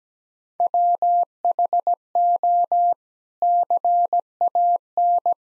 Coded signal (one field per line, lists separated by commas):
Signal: Morse code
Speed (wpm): 17 wpm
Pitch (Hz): 700 Hz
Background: none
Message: WHO CAN